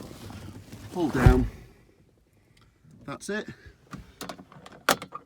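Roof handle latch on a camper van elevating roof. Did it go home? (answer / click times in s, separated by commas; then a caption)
yes / 4.9 s. Someone talks while the roof handle on the elevating pop-top roof of a 2007 Citroën Berlingo Romahome Hylo camper van is pulled down and hooked onto its catch, with a few small knocks and rattles. The latch clicks into place and locks with a sharp click at 4.9 s.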